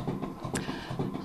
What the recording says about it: It's in the backpack. It's 15 pounds. It's got two hoses attached to it that go through my abdomen and attach to my heart. Those batteries allow the machine to pump compressed air into my heart. I'm going at 130 beats per minute is what it's running at. It sounds like galloping. It sounds like a baby's ultrasound when you hear the heartbeats.